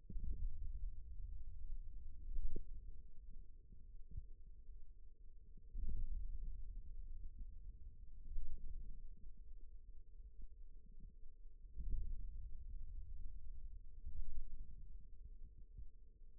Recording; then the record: forearm muscle sounds (acoustic myography)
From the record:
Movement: ulnar deviation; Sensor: system 2, bracelet of six BSWA MPA416 microphones around the upper forearm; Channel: 4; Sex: male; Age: 22 years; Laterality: right